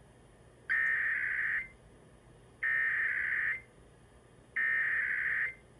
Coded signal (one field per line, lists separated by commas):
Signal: Emergency Alert System (SAME) tones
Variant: header bursts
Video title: EAS: New Jersey RMT (2/17/2026)